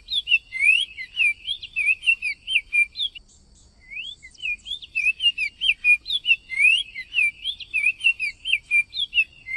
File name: bico de veludo